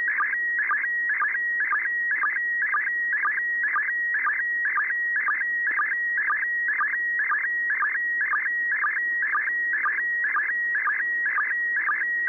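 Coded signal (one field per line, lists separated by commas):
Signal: SSTV (slow-scan television)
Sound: steady high whistle broken twice a second by warbling chirps and low sync blips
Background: faint radio hiss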